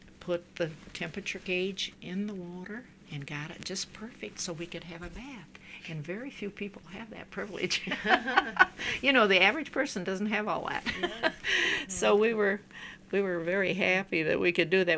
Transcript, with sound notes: put the temperature gauge in the water, and got it just perfect so we could have a bath. And very few people had that privilege. ( they laugh ) You know, the average person doesn't have all that. So we were, we were very happy that we could do that.